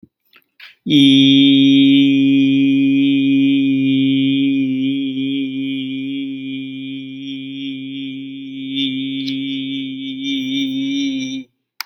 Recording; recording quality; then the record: sustained vowel as in beet; excellent, no background noise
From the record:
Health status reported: healthy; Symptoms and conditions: diabetes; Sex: male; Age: 63 years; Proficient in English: yes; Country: India